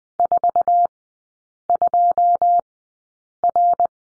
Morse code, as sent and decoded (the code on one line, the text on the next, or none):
....- ..--- .-.
42R